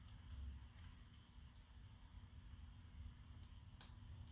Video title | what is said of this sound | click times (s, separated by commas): PS5 controller stick drift repair | and they will click into place you always want to make sure that it clicks into place | 3.8 s